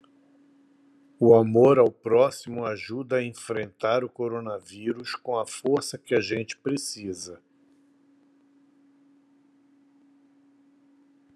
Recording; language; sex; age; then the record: spoken sentence; Brazilian Portuguese; male; 60 to 69 years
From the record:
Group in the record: control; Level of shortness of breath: 0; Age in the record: 64 years